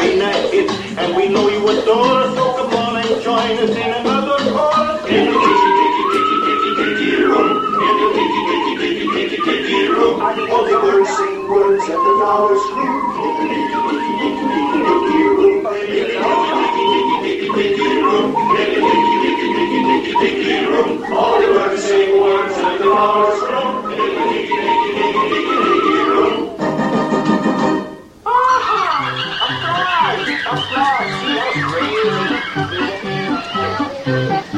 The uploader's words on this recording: A trip to Disneyland circa 1985. Joe made these recordings in 1985: Disneyland's 30th Anniversary...